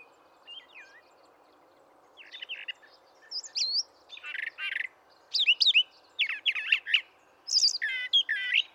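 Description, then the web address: Brown thrasher song: bright, varied phrases of chirps, slurs and harsh notes, coming in quick bursts with short pauses and growing louder toward the end. "birdsongforthecurious Brown Thrasher"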